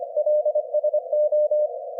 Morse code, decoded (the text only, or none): LSO